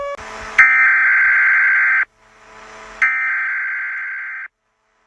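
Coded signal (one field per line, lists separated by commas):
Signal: Emergency Alert System (SAME) tones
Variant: header bursts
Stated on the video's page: Made-up, fictional EAS alert.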